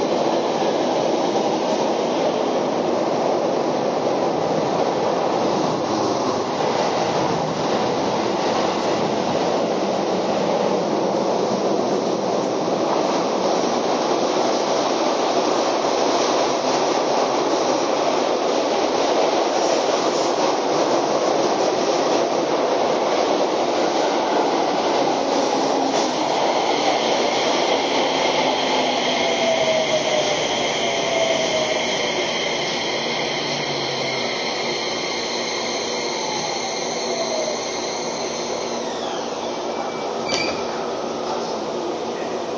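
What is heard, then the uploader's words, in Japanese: A Keio 5000 series train running between Motoyawata and Hashimoto: a dense, steady roar of wheels and rushing air fills the first half. From about 26 seconds, motor whines glide up and down in pitch as the noise eases, with a sharp click near 40 seconds. 京王5000系 本八幡〜橋本。日中に運転が行われている都営新宿線 本八幡〜京王相模原線 橋本の運用を録音しました。都営新宿線は各停で京王線は区間急行となる。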